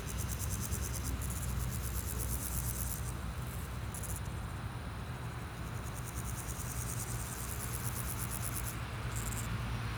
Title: Chaussée de Tervueren, Pins Noirs, Auderghem, Bruxelles-Capitale, 1160, Belgique - Sauterelles - Grasshoppers